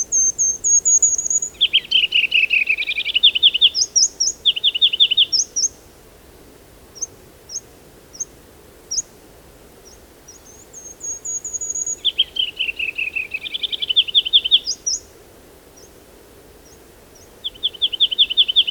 Ruby-crowned Kinglet song recorded on the Fern Lake Trail in Rocky Mountain National Park.